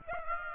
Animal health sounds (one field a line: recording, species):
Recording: mosquito wingbeat signal from an infrared sensor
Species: Aedes aegypti